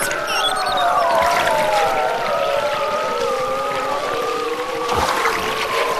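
Beluga whale whistles, overlapping tonal calls sliding downward and then holding steady, with a short high chirp at the start and a soft pulse near the end.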